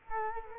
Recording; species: mosquito wingbeat signal from an infrared sensor; Culex quinquefasciatus